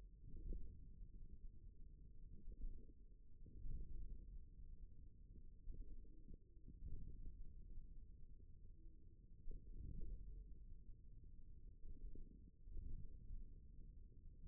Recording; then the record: forearm muscle sounds (acoustic myography)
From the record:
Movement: wrist flexion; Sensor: system 1, eight BSWA MPA416 microphones around the upper forearm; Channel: 3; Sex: male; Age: 41 years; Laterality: right